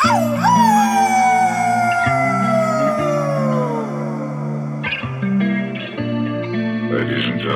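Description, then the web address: Wolf howling: one long, smooth note that swoops up, then slides slowly downward over about four seconds, with steady low droning tones underneath and a noisy burst near the end. "SHO. wolves"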